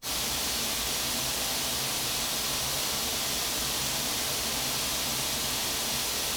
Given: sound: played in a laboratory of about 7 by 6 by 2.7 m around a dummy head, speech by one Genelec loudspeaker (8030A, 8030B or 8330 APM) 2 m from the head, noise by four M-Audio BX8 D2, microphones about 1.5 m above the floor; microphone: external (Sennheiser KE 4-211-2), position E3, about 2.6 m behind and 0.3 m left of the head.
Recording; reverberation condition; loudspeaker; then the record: white noise; medium; four, about 170 cm from the corners of the room and facing them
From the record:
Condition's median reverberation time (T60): about 510 ms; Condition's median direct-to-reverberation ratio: about -0.5 dB